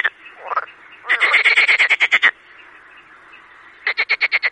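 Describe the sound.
Marsh frog rattling croak, a loud pulsed train followed later by another burst of evenly spaced beats.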